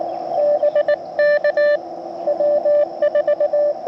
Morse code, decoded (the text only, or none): BK W4